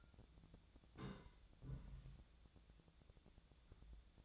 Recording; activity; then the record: daily activity, microphone in the room; place on stove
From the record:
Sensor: 3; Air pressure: 1000.0 hPa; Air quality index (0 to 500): 124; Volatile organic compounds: 2 ppm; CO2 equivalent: 1114 ppm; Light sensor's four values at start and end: 46/116/50/55 and 46/116/50/55